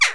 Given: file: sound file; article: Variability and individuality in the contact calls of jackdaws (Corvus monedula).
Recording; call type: jackdaw call; harmonic